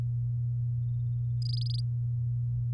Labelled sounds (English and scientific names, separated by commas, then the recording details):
Domestic Canary (Serinus canaria) song
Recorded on 8 May 2018 at 06:15
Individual llb16